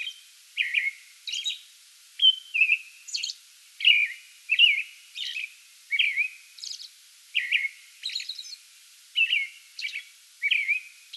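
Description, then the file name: American robin song: steady series of short caroling whistled phrases alternating with thin high squeaky notes, nearly continuous with brief gaps. Pre-dawn song bout recorded 8 May 2022. "2022-05-08 American Robin pre-dawn song bout"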